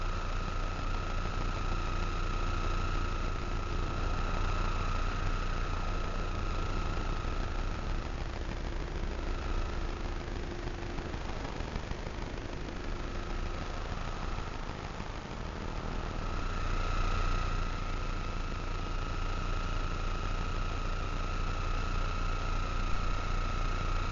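Electromagnetic frequencies rendered as sound: a steady, dense hum with a strong low drone and a thin, bright whine held above it. The level barely changes across the clip, though the tones weaken and blur around the middle before returning.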